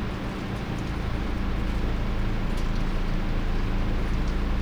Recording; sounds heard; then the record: poultry house recording; no chicken sound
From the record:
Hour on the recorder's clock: 19